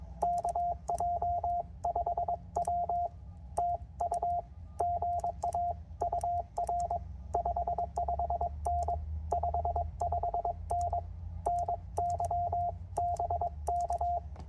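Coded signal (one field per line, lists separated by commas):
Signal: Morse code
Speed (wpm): 22 wpm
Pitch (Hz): 690 Hz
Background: radio noise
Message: KJ5W TU GA UR 55N 55N NY BK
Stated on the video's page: CW Parks On The Air activation on a Penntek TR-45L with a 17' whip and Begali Expedition key; signals weak at first, improving later.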